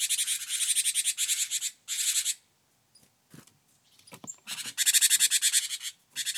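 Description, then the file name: Great tit churring: long, dense, rapidly pulsed harsh rattles, broken by short pauses and faint clicks. "Parus major"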